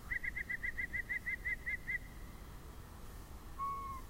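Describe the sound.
Yellow-breasted chat calling a fast even series of about twelve clear piping notes in two seconds, then a single lower, level whistled note after a short pause.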